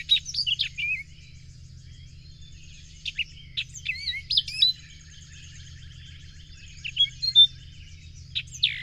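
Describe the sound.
Bird song in short bursts of chirps and warbled whistles, separated by pauses, over a constant low-pitched hum.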